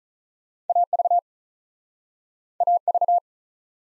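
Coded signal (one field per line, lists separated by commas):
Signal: Morse code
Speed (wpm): 48 wpm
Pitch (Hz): 700 Hz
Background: none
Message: A V A V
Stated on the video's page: Morse practice with two-character letter-number combinations, starting at 35 wpm, then slowing incrementally to a base speed, with a final repeat at maximum speed.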